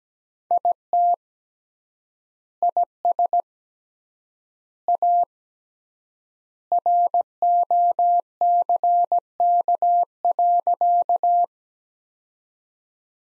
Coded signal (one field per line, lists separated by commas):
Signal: Morse code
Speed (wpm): 17 wpm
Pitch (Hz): 700 Hz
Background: none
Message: IT IS A ROCK.